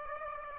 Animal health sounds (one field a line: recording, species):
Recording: mosquito wingbeat signal from an infrared sensor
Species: Aedes aegypti